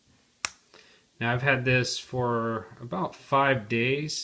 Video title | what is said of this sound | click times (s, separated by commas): Fitbit Charge review | a little clasp middle clas here and it just pops right in | 0.4 s